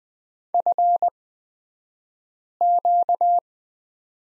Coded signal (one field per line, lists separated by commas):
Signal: Morse code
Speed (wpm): 20 wpm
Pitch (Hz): 700 Hz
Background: none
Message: FQ